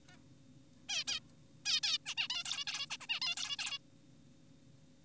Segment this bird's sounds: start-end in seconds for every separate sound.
0.09-0.17, 0.89-1.04, 1.08-1.20, 1.66-1.80, 1.83-1.98, 2.06-2.15, 2.17-2.28, 2.30-2.44, 2.45-2.64, 2.67-2.86, 2.90-2.97, 3.01-3.07, 3.09-3.20, 3.22-3.35, 3.37-3.57, 3.59-3.78